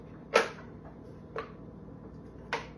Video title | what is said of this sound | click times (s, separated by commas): TKTK 3.2in Wide Feed Chute Slow Masticating Juicer VS 1000W Cuisinart,Which One is Better? | uh that's backwards okay backwards to me that locks right into place snaps right in and it's | 2.5 s